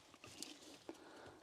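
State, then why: Not seated. A Mini Cooper fuel filter assembly is being handled and slid toward its place in the fuel tank housing, with short knocks and scrapes at about 0.2, 0.4 and 0.9 seconds over low background noise. Nothing has seated or clicked yet.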